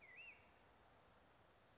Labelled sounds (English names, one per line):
Black-headed Grosbeak